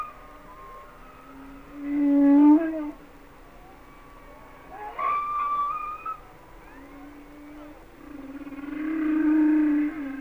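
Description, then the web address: Humpback whale song: low drawn-out moans and a brief higher harmonic cry, with long pauses and quieter tonal sounds in between. "Whale Songs Sounds of Nature - Humpback Whales"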